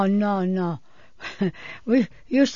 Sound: she laughs

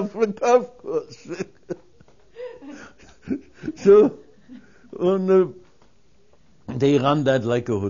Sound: they laugh

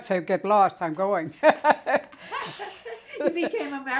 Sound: laughs

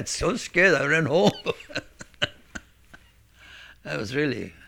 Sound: he laughs

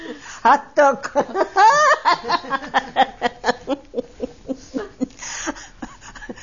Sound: they laugh

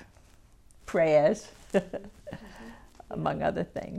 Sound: she laughs

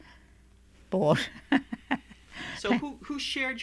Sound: she laughs

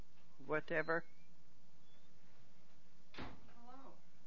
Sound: sound of door opening in the background

